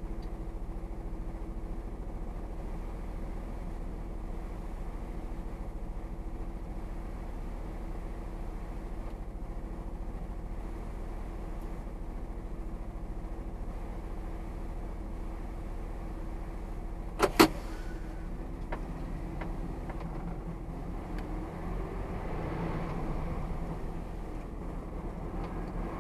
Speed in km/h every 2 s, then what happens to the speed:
0, 0, 0, 0, 0, 0, 0, 0, 0, 5, 8, 8, 15.
0-16 standing. 16-19 pulls away to 8. 22-26 speeds up to 15.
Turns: none.